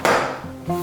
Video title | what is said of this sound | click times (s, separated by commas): Diatech - Push Pad & Pull Handle Combined System | offer the push pad up to the holster click all the way up and you should hear an older audible | 0.1 s